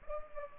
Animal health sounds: mosquito wingbeat signal from an infrared sensor; Culex pipiens

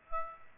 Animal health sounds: mosquito wingbeat signal from an infrared sensor; Aedes aegypti

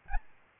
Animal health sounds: mosquito wingbeat signal from an infrared sensor; Aedes albopictus

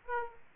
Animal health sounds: mosquito wingbeat signal from an infrared sensor; Aedes aegypti

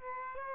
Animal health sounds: mosquito wingbeat signal from an infrared sensor; Aedes albopictus

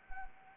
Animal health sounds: mosquito wingbeat signal from an infrared sensor; Anopheles arabiensis

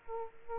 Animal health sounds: mosquito wingbeat signal from an infrared sensor; Aedes aegypti

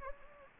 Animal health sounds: mosquito wingbeat signal from an infrared sensor; Anopheles gambiae

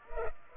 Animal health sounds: mosquito wingbeat signal from an infrared sensor; Culex pipiens

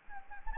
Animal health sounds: mosquito wingbeat signal from an infrared sensor; Anopheles gambiae

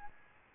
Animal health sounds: mosquito wingbeat signal from an infrared sensor; Aedes albopictus

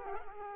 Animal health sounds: mosquito wingbeat signal from an infrared sensor; Culex quinquefasciatus

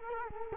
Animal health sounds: mosquito wingbeat signal from an infrared sensor; Culex quinquefasciatus

